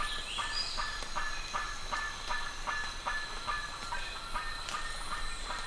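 Bird calls, brisk repeated short notes over a noisy hissing background, with a rising chirp early on.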